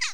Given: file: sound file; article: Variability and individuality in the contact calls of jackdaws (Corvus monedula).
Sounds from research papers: jackdaw call; harmonic

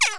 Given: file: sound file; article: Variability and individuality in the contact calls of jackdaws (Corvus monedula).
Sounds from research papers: jackdaw call; harmonic

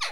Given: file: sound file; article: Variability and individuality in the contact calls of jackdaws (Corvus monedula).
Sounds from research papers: jackdaw call; harmonic

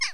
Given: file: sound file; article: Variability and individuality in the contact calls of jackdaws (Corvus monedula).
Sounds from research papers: jackdaw call; harmonic

